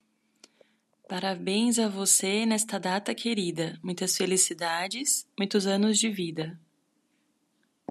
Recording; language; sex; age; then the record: short text; Brazilian Portuguese; female; 40 to 49 years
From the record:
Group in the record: control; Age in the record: 41 years